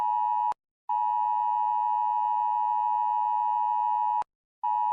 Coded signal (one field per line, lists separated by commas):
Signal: Emergency Alert System (SAME) tones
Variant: 853 and 960 Hz attention tone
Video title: rating EAS alarms part 10